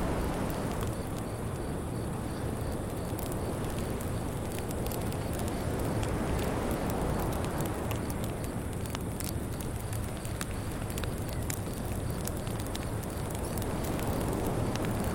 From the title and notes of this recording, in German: Strandfeuer und Zikadenchor. Gemütliche Nachtatmosphäre. Koh Yao Noi. Das sanfte Plätschern des Andamanischen Meeres sich mit dem leisen Knistern eines Strandfeuers vermischt. Während die heimischen Zikaden der Insel ein Wiegenlied anstimmen.